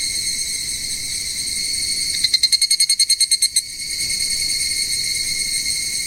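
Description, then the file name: Evening cicada: a series of around a dozen sharp, pulsing notes in quick succession, standing out from a steady shrill buzzing background. "higurashi"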